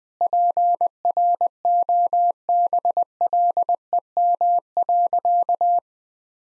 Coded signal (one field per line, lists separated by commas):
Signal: Morse code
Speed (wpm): 21 wpm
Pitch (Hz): 700 Hz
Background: none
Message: PROBLEM.